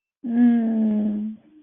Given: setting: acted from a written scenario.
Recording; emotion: vocal sound without words; distress